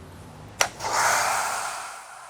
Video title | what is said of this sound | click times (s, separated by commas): WINTER is Coming. Is Your Car READY? | All you gotta do is just pull back on the quick release, insert it, and just like that, hear that click, and you're good to go. | 0.6 s